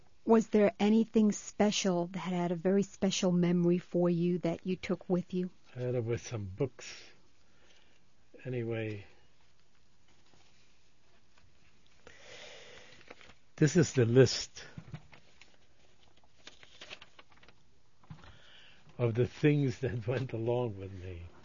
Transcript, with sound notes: Was there anything special that had a very special memory for you that you took with you?
Ah, there were some books. Anyway. (intake of breath) This is the list of the things that went along with me.